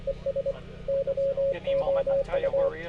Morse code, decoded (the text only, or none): ES YOU